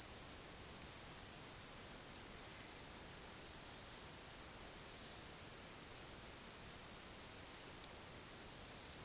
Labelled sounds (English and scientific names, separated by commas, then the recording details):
none
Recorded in dense forest near Puerto Asís, Putumayo, Colombia, on 23 June 2025 at 12:30
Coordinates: 0.468, -76.322
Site GP03